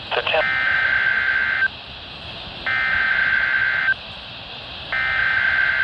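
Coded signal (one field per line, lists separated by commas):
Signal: Emergency Alert System (SAME) tones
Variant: header bursts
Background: speech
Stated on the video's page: Weekly EAS test from NWS Los Angeles/Oxnard, postponed.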